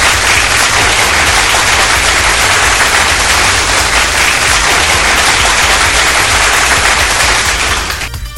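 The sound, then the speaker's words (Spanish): A loud, dense burst of crowd applause, many hands clapping in a steady, crackling roar for about eight seconds before quickly tapering off at the end. “De todos, un aplauso.”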